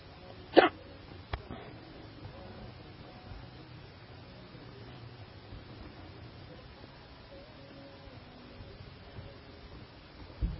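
Two sharp, abrupt hiccup sounds about ten seconds apart, one near the start and one at the end, with a faint click shortly after the first. Between them there is only quiet background hiss. These are involuntary diaphragm spasms, ordinary hiccups in an adult.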